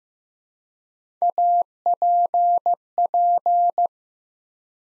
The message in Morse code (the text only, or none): APP